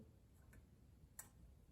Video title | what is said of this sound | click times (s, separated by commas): Trumpet Maintenance/Disinfect - Beginning Band Covid Companion | it clicks into place now that valve is ready to go | 1.2 s